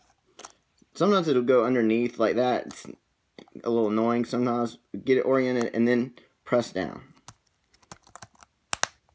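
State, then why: Seated. The last plastic key cap on a 2008 MacBook Pro keyboard is oriented with its wide clips at the bottom and pressed down onto the laptop's scissor clips while someone talks. A few faint taps follow, then two sharp snaps at 8.7 s and 8.8 s as the key cap seats onto the clips.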